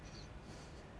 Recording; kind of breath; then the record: one breath in and out by a microphone near the nose and mouth; strong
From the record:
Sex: male